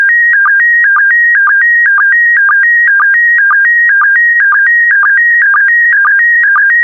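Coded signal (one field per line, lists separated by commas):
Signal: SSTV (slow-scan television)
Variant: PD120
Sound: steady warbling tone hopping between two pitches, with short low blips twice a second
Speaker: the next image transmission will start in 10 seconds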